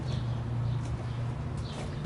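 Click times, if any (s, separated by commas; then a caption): none. A plastic hose connector is pushed into the port on an Intex PureSpa Plus 4 inflatable hot tub and twisted right to the lock position. A steady low hum runs throughout with faint higher hiss, and no snap or click is heard. Nothing has seated or clicked yet.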